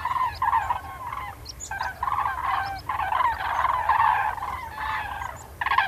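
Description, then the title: Common crane calls: a chorus of loud, rolling trumpeting notes overlapping from several birds. Autumn migration; cranes gathering on farmland fields before departing. "Viikon luontoääni: Kurki"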